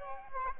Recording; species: mosquito wingbeat signal from an infrared sensor; Aedes aegypti